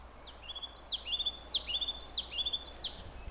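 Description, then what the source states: Ruby-crowned Kinglet song: loud, high-pitched phrases repeated rapidly, several in about three seconds. Male's song, loud da-da-da section, sometimes sung alone; sings in spring when excited; common in coniferous boreal habitat.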